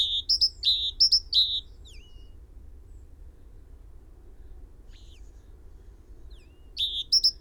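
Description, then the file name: Great tit gives a few quick high-low call phrases, then a faint falling note and a long quiet gap, before the high-then-low phrase returns at the end. "Parus major"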